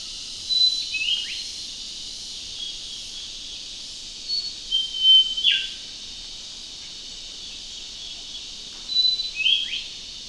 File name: Yellow Throated Leafbird